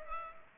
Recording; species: mosquito wingbeat signal from an infrared sensor; Culex pipiens